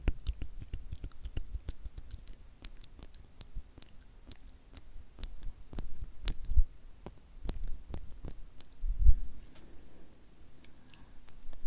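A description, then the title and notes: Dry tongue clicks and flutters ring out in quick bursts, a rapid tktktk pattern that is mostly regular but speeds up and thins out at times. The sharp mouth taps sit over quiet, with a louder, wetter smack around nine seconds. TONGUE SOUNDS - fluttering, mouth sounds , tktktk rhythmic tongue sounds.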